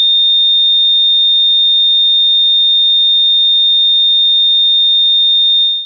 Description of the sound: Heart Rate Monitor Flatline.